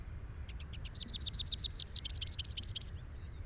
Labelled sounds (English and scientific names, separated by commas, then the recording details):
Rufous-capped Warbler (Basileuterus rufifrons) song
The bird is a male
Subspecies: rufifrons
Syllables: 22
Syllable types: 5
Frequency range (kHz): 2.1-7.1 kHz
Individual SP-R16-M